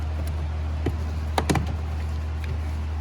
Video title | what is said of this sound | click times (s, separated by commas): How To Remove 2006-2010 Ford Explorer Door Panel | those are snapped in place. | 1.4 s, 1.5 s